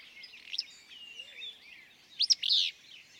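Willow flycatcher delivering a single sharp, sneezy, buzzy phrase near the end, preceded by thin twittering from other songbirds in the background.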